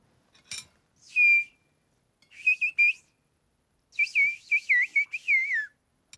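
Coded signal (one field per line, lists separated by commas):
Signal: whistled language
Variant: Turkish kuş dili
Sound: three bursts of loud gliding whistles, rising and falling around 2-3 kHz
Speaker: The whistling language is actually an exact transcription of the Turkish syllables into sounds. So what you hear in the film is 100% the real whistling language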